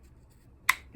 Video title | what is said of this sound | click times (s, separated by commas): DIY Carburetor Rebuild Saves You From the Repair Shop | Nice audible click. | 0.7 s